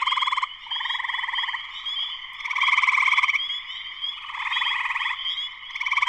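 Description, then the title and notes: Spring peepers in a dense chorus: a steady high shrill band of peeps, overlaid by loud pulsing trills that swell and fade repeatedly. Full chorus shortly after sunset, Sleeping Bear Dunes National Lakeshore, northern Michigan, USA. "Spring peepers (chorus frogs) in concert. Spring peepers (chorus frogs) in full chorus shortly after sunset in the Sleeping Bear Dunes National Lakeshore in northern Michigan, USA. Recorded by Darrin Wassom. Part of the Music for Sleep project"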